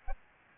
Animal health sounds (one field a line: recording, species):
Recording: mosquito wingbeat signal from an infrared sensor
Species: Aedes albopictus